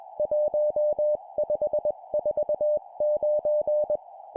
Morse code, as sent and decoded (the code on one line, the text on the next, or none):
.---- ..... ....- ----.
1549